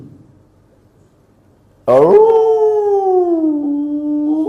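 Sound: dog howling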